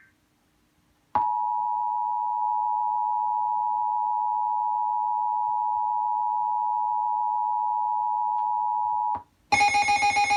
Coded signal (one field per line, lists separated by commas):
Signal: Emergency Alert System (SAME) tones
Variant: 853 and 960 Hz attention tone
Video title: 2/6/2020 EAS Flood Warning with loud alarm error (TBN / WTJP)